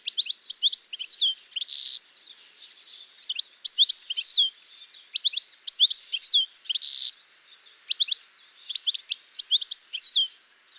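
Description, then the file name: European goldfinch song, a lively run of high twittering notes in repeated bursts, with two rasping buzzy notes woven in and brief gaps between phrases. "Carduelis carduelis"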